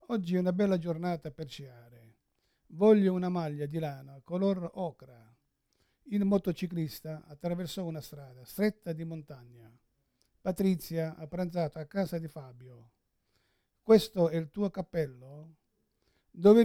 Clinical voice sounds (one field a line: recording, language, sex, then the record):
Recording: read phrases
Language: Italian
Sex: male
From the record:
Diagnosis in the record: Parkinson's disease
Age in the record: 71 years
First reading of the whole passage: 60 s, 8.7 characters per second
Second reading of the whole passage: 57 s, 9.1 characters per second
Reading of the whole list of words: 54 s, 5.3 characters per second